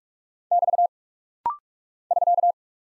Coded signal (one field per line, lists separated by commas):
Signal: Morse code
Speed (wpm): 46 wpm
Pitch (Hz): 700 Hz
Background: none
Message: <BT> <SK>